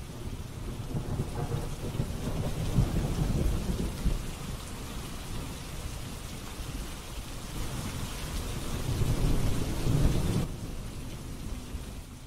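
Steady heavy rain hisses over gusting wind, with low rolling rumbles of thunder swelling around the middle and again near the end before easing off. No voices are heard.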